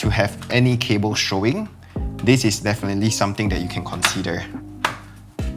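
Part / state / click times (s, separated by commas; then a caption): cable cover on a monitor arm / seated / 4.8 s. Someone talks while the cable management cover on the monitor arm of a BenQ PD2706UA monitor is pressed back into place over the routed cables. One sharp plastic snap at 4.9 s shows the cover has seated, snapping back in.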